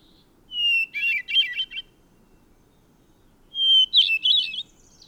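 Bird song: two phrases, each a clear high whistled note followed by a quick burst of buzzy, trilled notes, the second phrase coming about three seconds after the first.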